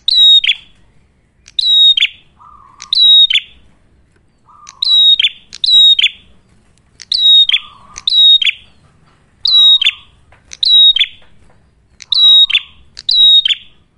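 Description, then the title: Ashy tailorbird song: paired high whistled notes ending in a quick drop, repeated in clusters with short pauses and occasional low buzzy trills. Actively singing ('gacor') red-headed prenjak, clear recording for training cage birds (masteran) or luring (pikat); titled as a Cililin vs Kapas Tembak duet. "Masteran Duet Cililin Vs Kapas Tembak. Prenjak Kepala Merah Gacor [ Suara Jernih, Sangat Cocok Buat Masteran Ataupun Buat Pikat ]"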